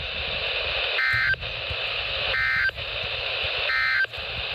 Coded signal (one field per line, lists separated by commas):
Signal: Emergency Alert System (SAME) tones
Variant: end-of-message bursts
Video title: Weekly at P.E. | NOAA Weather Radio - Required Weekly Test (EAS#15)